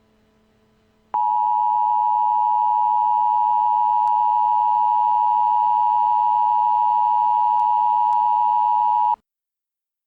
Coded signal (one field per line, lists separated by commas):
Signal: Emergency Alert System (SAME) tones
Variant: 853 and 960 Hz attention tone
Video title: Eas Scenario: Virginia Tornado Outbreak